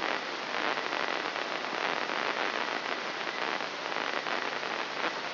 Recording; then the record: brain microelectrode recording played as sound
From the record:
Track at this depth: inside the subthalamic nucleus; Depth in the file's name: 2.111 mm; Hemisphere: left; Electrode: 3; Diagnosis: Parkinson's disease